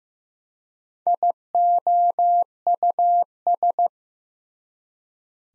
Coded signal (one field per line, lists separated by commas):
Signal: Morse code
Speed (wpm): 15 wpm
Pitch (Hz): 700 Hz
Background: none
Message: IOUS